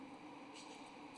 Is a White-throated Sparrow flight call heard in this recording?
no